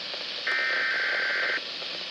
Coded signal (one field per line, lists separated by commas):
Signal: Emergency Alert System (SAME) tones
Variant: header bursts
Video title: VDB224 Required Weekly Test (EAS #393)